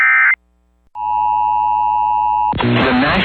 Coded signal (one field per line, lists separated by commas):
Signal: Emergency Alert System (SAME) tones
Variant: 853 and 960 Hz attention tone